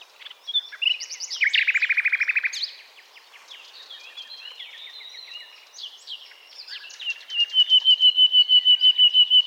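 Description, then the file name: Common nightingale singing: a rapid series of repeated notes, varied quieter phrases, then another fast series of repeated notes. "Luscinia megarhynchos"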